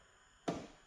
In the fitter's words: you're gonna hear that one click to let you know that it's secure.